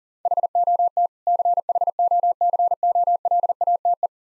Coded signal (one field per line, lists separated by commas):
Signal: Morse code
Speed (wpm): 40 wpm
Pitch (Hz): 700 Hz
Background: none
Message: HOT CHOCOLATE